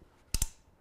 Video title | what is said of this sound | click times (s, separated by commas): How to Assemble the Baby Jogger City Select Bassinet - Baby Mode Australia | this will come with your bassinet kit you're going to insert it into your seat frame Till You Hear The Click | 0.3 s